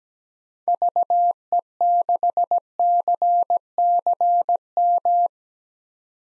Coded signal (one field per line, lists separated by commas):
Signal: Morse code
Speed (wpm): 17 wpm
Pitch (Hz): 700 Hz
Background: none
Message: VE6CCM